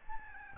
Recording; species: mosquito wingbeat signal from an infrared sensor; Aedes albopictus